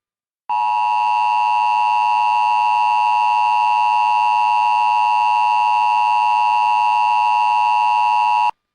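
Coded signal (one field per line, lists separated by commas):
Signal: Emergency Alert System (SAME) tones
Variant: 853 and 960 Hz attention tone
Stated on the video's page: Flash flood warning for Carolina and San Juan, Puerto Rico.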